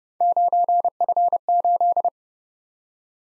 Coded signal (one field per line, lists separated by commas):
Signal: Morse code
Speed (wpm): 29 wpm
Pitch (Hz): 700 Hz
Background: none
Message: 9F8